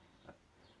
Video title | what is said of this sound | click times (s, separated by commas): To the next progress Skate fault solved (boot assemble) Roces m12 Lo Aggressive skates | Once you hear, it'll click. It'll make like this little click sound, and you know | 0.3 s